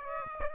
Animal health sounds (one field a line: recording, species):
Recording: mosquito wingbeat signal from an infrared sensor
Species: Aedes aegypti